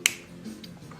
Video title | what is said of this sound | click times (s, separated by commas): Disassembly of Vortech MP10QDw dry side | There's our click, and we are done. | 0.1 s